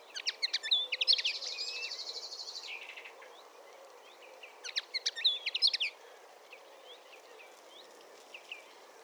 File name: Linotte-mélodieuse-Linaria-cannabina